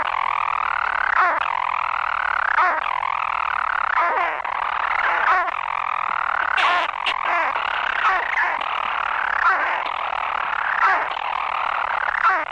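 European storm petrel purring song, a continuous low churring that rises and falls and breaks into a brief hiccup note about every one and a half seconds.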